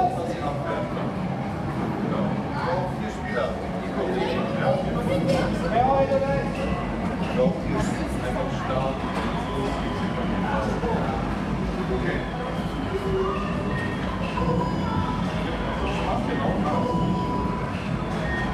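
A busy gaming arcade hums with overlapping chatter and a steady dense din, bright electronic beeps and tones popping up throughout.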